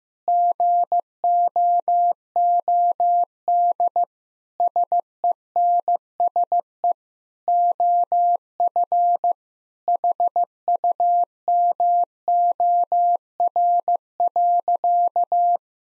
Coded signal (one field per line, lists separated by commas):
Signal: Morse code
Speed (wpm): 15 wpm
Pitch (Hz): 700 Hz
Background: none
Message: GOOD SENSE OF HUMOR.